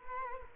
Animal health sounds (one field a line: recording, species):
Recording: mosquito wingbeat signal from an infrared sensor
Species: Culex quinquefasciatus